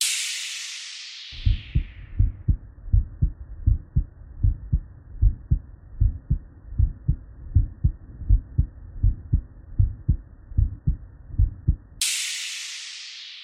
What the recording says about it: So we hear normal S1 and S2. We don't hear any extra sounds, whether transient or sounds with duration in either systole or diastole. So that's a normal heart.